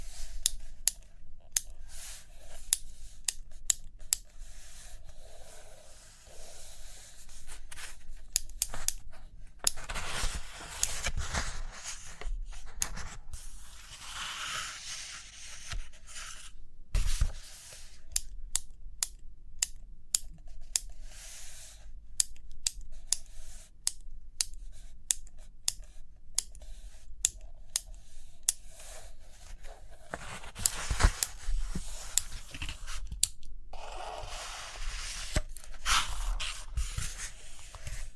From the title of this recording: Page Turning and Tapping, Writing, Drawing